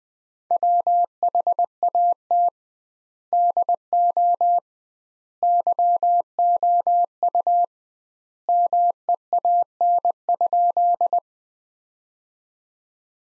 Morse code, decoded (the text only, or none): WHAT DO YOU MEAN?